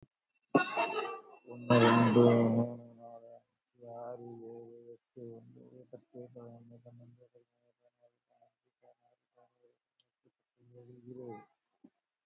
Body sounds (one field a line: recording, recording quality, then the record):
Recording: counting at a fast pace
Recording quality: moderate, slight background noise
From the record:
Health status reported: COVID-19 positive, moderate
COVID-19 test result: positive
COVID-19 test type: RT-PCR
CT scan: not taken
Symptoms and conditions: cold, breathing difficulty, sore throat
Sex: male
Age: 53 years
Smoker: no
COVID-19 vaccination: one dose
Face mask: worn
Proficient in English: yes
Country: India